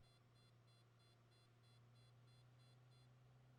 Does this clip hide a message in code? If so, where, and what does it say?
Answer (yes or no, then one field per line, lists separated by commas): no